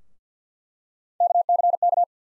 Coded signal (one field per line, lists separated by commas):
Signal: Morse code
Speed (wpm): 48 wpm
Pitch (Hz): 700 Hz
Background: none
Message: KCK